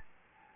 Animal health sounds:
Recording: mosquito wingbeat signal from an infrared sensor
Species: Anopheles gambiae

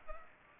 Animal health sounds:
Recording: mosquito wingbeat signal from an infrared sensor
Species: Culex pipiens

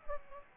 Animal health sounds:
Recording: mosquito wingbeat signal from an infrared sensor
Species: Aedes aegypti

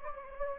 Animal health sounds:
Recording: mosquito wingbeat signal from an infrared sensor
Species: Anopheles gambiae

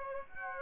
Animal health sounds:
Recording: mosquito wingbeat signal from an infrared sensor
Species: Aedes aegypti

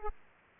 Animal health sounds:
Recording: mosquito wingbeat signal from an infrared sensor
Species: Aedes aegypti

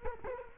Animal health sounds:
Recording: mosquito wingbeat signal from an infrared sensor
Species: Culex quinquefasciatus

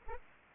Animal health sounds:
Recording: mosquito wingbeat signal from an infrared sensor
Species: Aedes aegypti

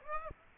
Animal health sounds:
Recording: mosquito wingbeat signal from an infrared sensor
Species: Aedes aegypti

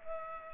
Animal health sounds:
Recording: mosquito wingbeat signal from an infrared sensor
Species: Culex pipiens

